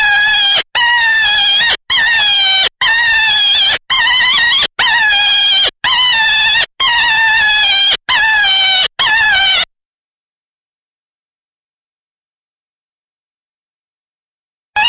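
Jackrabbit distress screams: ten rapid, piercing harmonic cries repeated about once per second, then silence, with another cry just starting at the end.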